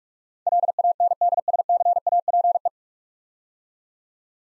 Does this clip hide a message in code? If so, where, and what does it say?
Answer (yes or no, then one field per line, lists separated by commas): yes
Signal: Morse code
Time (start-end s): 0.5-2.7 s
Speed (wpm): 42 wpm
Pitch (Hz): 700 Hz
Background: none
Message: LANDSCAPE